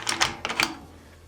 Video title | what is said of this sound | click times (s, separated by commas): VU KHI UY LUC NHAT THE GIOI | it does actually lock into place because the magazine is inserted and there are no rounds it will lock into place | 0.6 s